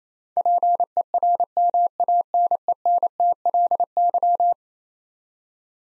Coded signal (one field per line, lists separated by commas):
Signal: Morse code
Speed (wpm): 27 wpm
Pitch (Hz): 700 Hz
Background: none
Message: PERMANENTLY